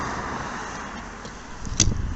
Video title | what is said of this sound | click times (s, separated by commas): KIA (Ceed) Wiper Blade Replacement | Click it in. | 1.8 s